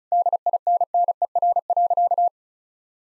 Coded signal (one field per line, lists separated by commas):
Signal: Morse code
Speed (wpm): 36 wpm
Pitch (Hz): 700 Hz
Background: none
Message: DINNER.